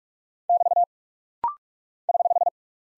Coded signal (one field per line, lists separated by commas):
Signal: Morse code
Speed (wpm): 44 wpm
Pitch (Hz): 700 Hz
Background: none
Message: <BT> <HH>